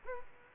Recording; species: mosquito wingbeat signal from an infrared sensor; Culex quinquefasciatus